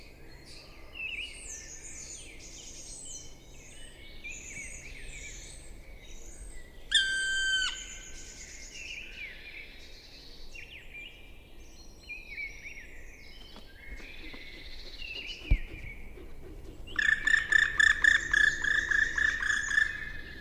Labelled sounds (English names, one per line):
Black Woodpecker flight call